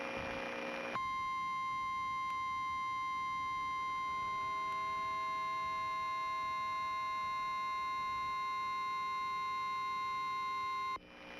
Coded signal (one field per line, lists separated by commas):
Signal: Emergency Alert System (SAME) tones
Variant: 1050 Hz attention tone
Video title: EAS Scenario: Memphis Tornado I